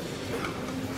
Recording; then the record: coughing mixed with background sound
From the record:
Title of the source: Coughing 77